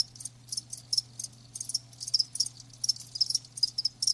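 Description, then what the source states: Cricket chirping in brief high trills repeated many times, with a constant low hum underneath. Live crickets chirping.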